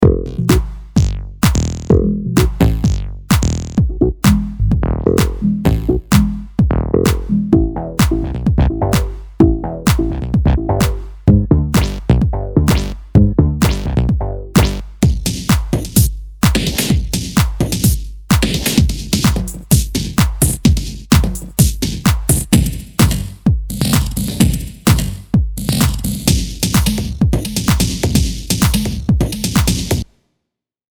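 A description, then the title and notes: Low synthesizer noise fills pulse in rapid, regular stabs, starting as deep buzzy tones and growing hissier and brighter before cutting off near thirty seconds. Low Fillers - VCO Noise.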